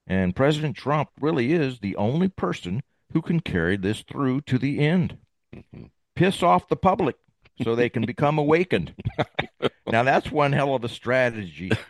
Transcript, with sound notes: And President Trump really is the only person who can carry this through to the end.
Mm-hmm.
Piss off the public-
(laughs)
... so they can become awakened.
(laughs)
Now, that's one hell of a strategy.